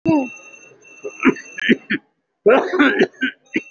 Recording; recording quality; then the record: shallow voluntary cough; moderate, slight background noise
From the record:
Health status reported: COVID-19 positive, moderate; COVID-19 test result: positive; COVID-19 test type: RT-PCR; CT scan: not taken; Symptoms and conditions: cough, sore throat, fever, fatigue, muscle pain, loss of smell and taste, diabetes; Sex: male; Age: 69 years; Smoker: no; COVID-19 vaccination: both doses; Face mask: worn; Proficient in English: yes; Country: India